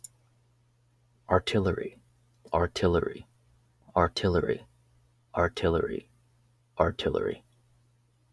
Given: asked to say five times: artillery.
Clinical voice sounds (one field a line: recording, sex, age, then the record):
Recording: repeated word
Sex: male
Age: 20 to 29 years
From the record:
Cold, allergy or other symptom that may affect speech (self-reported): no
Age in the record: 23 years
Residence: New York, United States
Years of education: 16